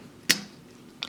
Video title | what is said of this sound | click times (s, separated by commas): Maketoys MTCM-04E Katana Review | that will will pop out two clicks like | 0.3 s, 1.0 s